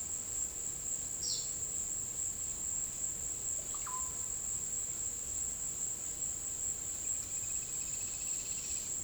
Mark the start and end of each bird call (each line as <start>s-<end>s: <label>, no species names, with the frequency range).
1.16s-1.50s: bird call (2.9-6.4 kHz)
3.52s-4.22s: bird call (0.4-2.5 kHz)
6.91s-9.03s: bird call (1.9-5.6 kHz)